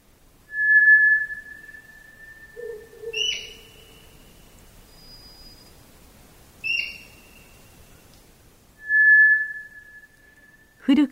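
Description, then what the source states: White's thrush song: long, thin, pure whistles at different pitches, spaced by quiet gaps, with a briefer, lower whistle among them. Recorded in the Onma valley, Gunma Prefecture, Japan.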